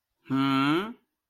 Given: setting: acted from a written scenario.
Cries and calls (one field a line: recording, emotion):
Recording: vocal sound without words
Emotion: confusion